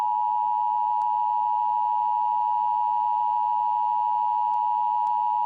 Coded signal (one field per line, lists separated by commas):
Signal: Emergency Alert System (SAME) tones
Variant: 853 and 960 Hz attention tone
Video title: EAS Scenario: Voldemort visits the U S